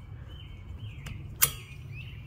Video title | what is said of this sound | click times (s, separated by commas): How to replace Wiper Blades - Nissan Alitma 2018 | you guys heard that click in we'll put it down and look at that perfect oh | 1.4 s